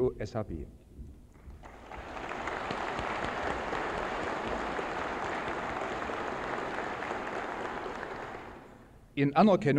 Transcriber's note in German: Applaus